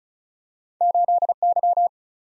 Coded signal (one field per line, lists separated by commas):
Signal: Morse code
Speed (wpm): 36 wpm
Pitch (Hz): 700 Hz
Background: none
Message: 8Y